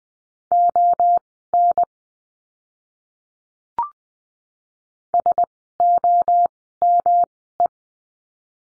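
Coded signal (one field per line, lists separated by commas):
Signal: Morse code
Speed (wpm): 20 wpm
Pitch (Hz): 700 Hz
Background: none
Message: ON SOME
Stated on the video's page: Morse code course lesson on the letter G, words sent at Farnsworth speed of 20/10 wpm.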